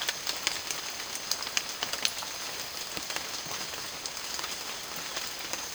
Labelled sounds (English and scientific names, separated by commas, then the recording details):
none
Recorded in secondary vegetation near Puerto Asís, Putumayo, Colombia, on 30 June 2025 at 13:00
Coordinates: 0.499, -76.323
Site G077